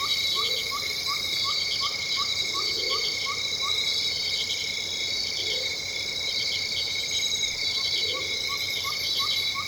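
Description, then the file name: Loud insects drone and whine steadily at high pitch, with a train of short evenly spaced chirps and scattered soft swelling low calls in the background. Loud insects in tropical rainforest ambience, Venezuela. "felix blume nature tropical rainforest ambience venezuela loud insects"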